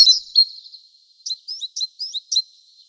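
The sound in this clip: Sparrow giving a string of bright, high chirps, a blurred burst at the start followed by five short chirps evenly spaced.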